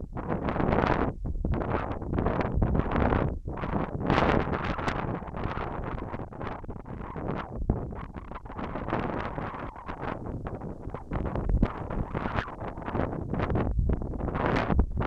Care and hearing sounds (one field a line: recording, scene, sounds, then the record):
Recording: everyday scene through a hearing-aid microphone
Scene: wind on the microphone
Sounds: wind, whistling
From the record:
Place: in front of a rural house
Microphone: behind the ear, left, rear